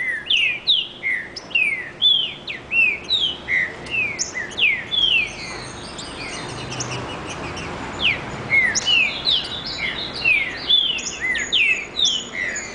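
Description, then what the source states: Green-winged saltator song, dense run of rapid falling whistles, with a brief lull in the middle before the whistled phrases resume. Brazil.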